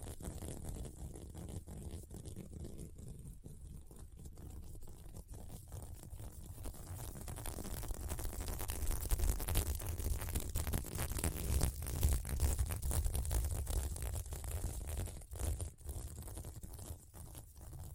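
A sequin mermaid pillow is scratched in a dense, continuous rasp made of many tiny fast clicks, with a low rumble underneath. The scratching is quieter for the first seconds, grows louder around the middle, and eases off briefly near the end.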